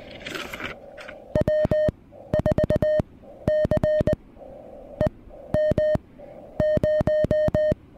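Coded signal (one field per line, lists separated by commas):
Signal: Morse code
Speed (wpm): 20 wpm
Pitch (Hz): 610 Hz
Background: music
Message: W4CEM 0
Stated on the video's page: CW summit (SOTA) activation using a Venus SW-3B radio.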